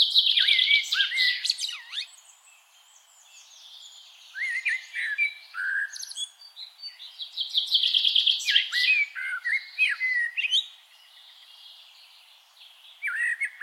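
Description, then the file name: Eurasian blackbird calling in bursts of varied chirps and twittering notes, some sliding and rising, separated by short quieter gaps. "Turdus merula"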